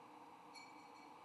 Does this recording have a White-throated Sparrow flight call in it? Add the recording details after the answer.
no. No flight call is heard. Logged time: 03:03 on 15 November 2014